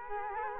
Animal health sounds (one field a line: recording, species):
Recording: mosquito wingbeat signal from an infrared sensor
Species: Culex quinquefasciatus